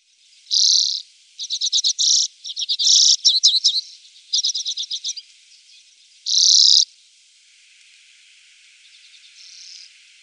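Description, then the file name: Common redpoll calls alternate between broad wheezy buzzes and fast rattling trills of clipped notes, then fade to a faint, thin twitter. "Grasiska"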